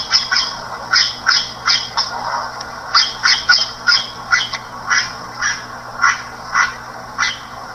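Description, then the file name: Red-rumped cacique calls: a steady run of short, gurgling notes. "guaxe"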